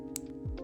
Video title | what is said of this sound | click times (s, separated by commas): Deutsch DT Series Connectors How To (2 Pin) | a click when it seats so now it's in there | 0.2 s